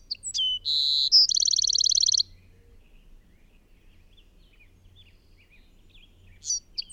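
Bird song: a few sharp high notes, a steady whistled tone, then a fast, even trill lasting about a second; the phrase begins again near the end over quiet background.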